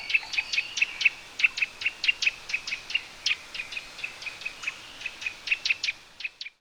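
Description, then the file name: Eurasian nuthatch calling a fast, steady series of ringing notes that runs throughout, over light background noise. "Sitta europaea"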